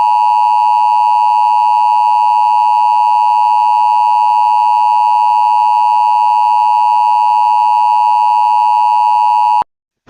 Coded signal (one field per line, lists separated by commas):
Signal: Emergency Alert System (SAME) tones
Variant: 853 and 960 Hz attention tone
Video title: EAS test